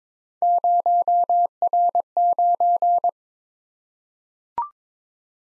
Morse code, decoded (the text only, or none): 0R9